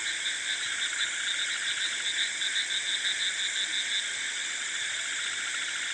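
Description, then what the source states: Frog and insect chorus, a continuous high buzzing wash with a rapid pulsed trill for the first four seconds, then the steady hum alone. Frogs and insects calling together in a rice field at night; close-wide recording.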